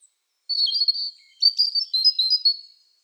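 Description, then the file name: European robin singing a high warbled phrase of quick tinkling notes in two bursts. "Erithacus rubecula"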